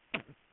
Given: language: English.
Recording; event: throat vibration sensor signal played as sound; cough